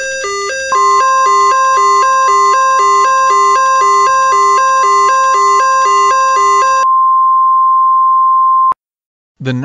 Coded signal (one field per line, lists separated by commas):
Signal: Emergency Alert System (SAME) tones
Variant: 1050 Hz attention tone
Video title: EAS Mock #13 Snow Squall Warning in Juab, Millard, Tooele, Utah, UT March 24, 2023